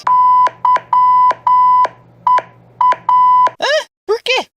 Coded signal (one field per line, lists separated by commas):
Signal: Morse code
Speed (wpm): 9 wpm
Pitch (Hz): 1000 Hz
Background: speech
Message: YEA